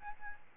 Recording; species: mosquito wingbeat signal from an infrared sensor; Aedes albopictus